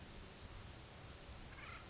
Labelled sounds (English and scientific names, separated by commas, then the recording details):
California Towhee (Melozone crissalis)
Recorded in Sonoma County, California